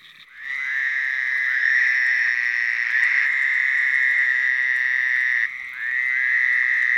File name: fowler's toad